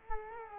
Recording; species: mosquito wingbeat signal from an infrared sensor; Culex quinquefasciatus